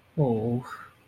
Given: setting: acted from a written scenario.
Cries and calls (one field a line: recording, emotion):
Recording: vocal sound without words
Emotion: sympathy